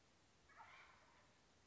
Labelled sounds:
Wild Turkey

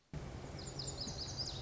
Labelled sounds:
Lazuli Bunting

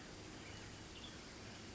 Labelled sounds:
Western Tanager

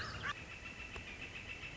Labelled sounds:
Northern Flicker

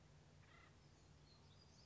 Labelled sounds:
Acorn Woodpecker

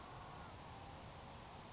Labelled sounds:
Grasshopper Sparrow

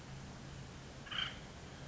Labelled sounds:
Acorn Woodpecker

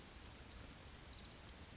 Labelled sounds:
Orange-crowned Warbler

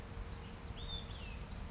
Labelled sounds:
Olive-sided Flycatcher

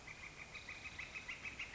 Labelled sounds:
Northern Flicker

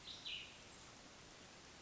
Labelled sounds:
Cassin's Vireo

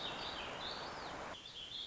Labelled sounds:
Warbling Vireo

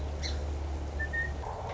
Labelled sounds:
Song Sparrow

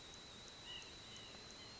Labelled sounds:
White-breasted Nuthatch

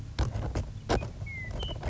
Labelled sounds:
Western Meadowlark

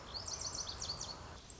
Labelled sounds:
Lazuli Bunting

